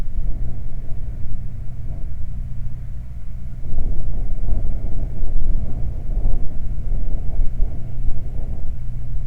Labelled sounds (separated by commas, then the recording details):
wind
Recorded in the Prudhoe Bay oil fields, Alaska, on 12 July 2019 at 00:01
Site 29